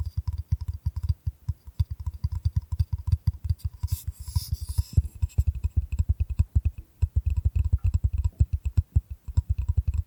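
Bamboo is tapped in fast, uneven bursts of dull, low knocks, with a brief bright brushing scratch around four to five seconds.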